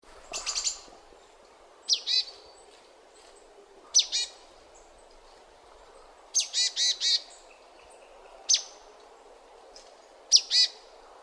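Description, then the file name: Marsh tit calling: high sharp notes each trailed by buzzy rattled elements, in six irregular bursts including a longer string of buzzes, with steady low background noise. "Poecile palustris"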